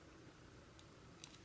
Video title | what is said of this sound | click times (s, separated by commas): Neopixel Lightsaber for Samuel | hear it click out and | 1.2 s